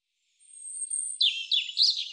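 European robin song fragment, a faint high thin note followed by three short bursts of rich, tumbling warbled notes, cut off at the end.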